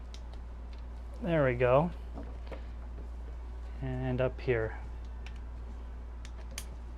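Someone talks while connecting a second quick-disconnect coupling on a tube into its mating fitting higher up on a water cooling loop, with faint ticks in between. A sharp click at 6.6 s marks the coupling seating, leaving the system fully connected.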